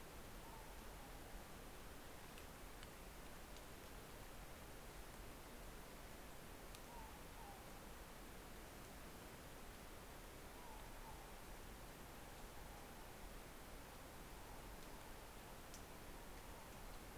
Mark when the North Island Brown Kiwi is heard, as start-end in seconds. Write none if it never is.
none